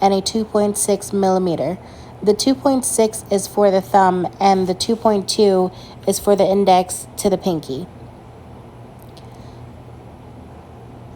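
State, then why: Not seated. A plastic nail tip is handled at the finger of a nail training hand, with tips in two sizes, 2.6 millimeter for the thumb and 2.2 millimeter for the index to the pinky. Someone talks through most of the clip, then quiet room tone follows with a faint brief tick near 9.0 s. Nothing has clicked or seated yet.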